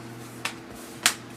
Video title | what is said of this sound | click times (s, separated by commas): Laptop screen replacement (How to replace notebook LCD) [Dell Inspiron 6400] | tell you here on little clicks of the clips clipping back together and then | 0.5 s, 1.1 s